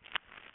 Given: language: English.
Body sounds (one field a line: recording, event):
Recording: throat vibration sensor signal played as sound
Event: swallow